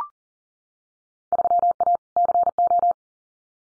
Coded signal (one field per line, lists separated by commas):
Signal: Morse code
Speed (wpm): 40 wpm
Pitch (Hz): 700 Hz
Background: none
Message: 3A CO